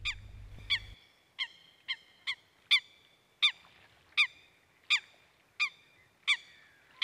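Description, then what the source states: Eurasian coot calls: many short, sharp, clipped notes repeated at a fairly regular pace, with a low hum during the first second. Siikalahti bird lake, Parikkala, Finland.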